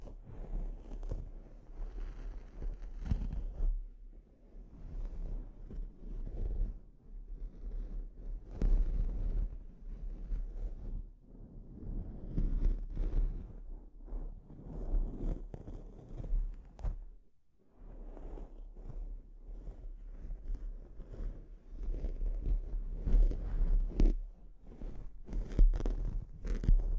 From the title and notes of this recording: ASMR Sleep Inducing Scalp Treatment (No Talking).